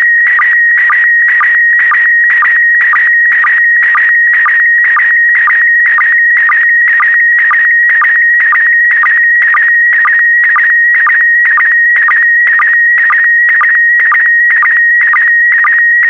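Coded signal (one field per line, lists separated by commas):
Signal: SSTV (slow-scan television)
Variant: PD120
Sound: steady warbling whistle near 2 kHz with rhythmic low chirps about twice a second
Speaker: get ready starting transmission in 5 4 3 2 1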